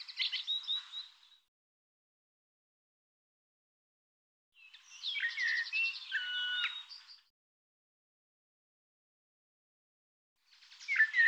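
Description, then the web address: Bird song in three bursts spaced by long silences, each a buzzy, chattering run of clipped notes and short whistles. "cianscape birddata Deverinetal 2025 Bird Tu Me Tu Me"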